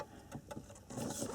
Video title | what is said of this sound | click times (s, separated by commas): How to Remove Sat Nav Head Unit RNS-E / RNS-D - Audi A4 S4 RS4 - B6 B7 - 2001-2008 - TOTAL TECHNIK | latch on it just there. You can hear it clicking. | 0.5 s